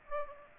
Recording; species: mosquito wingbeat signal from an infrared sensor; Aedes aegypti